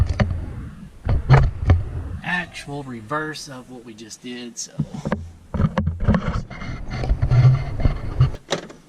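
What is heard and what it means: Someone talks while handling the plastic cabin air filter access cover behind the glove box of a Tundra, reinstalling it into the dashboard filter housing by reversing the removal steps. Short sharp plastic taps and knocks come through under the voice. Nothing has seated or clicked yet; the cover is not yet snapped home.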